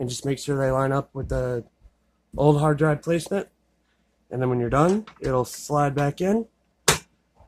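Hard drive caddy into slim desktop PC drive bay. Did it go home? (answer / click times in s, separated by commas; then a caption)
yes / 6.9 s. A replacement hard drive mounted in its caddy is slid forward into the drive bay of a slim HP desktop PC while someone talks. A sharp click at 6.9 s marks the caddy locking into place, seated in the bay.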